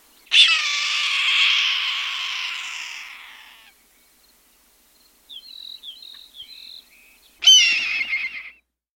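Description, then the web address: Red-tailed hawk harsh scream: a long hoarse rasping cry fading over about three seconds, then a few faint short notes and a second, shorter raspy scream. "Birds of the Chicago Region. Red-tailed Hawk"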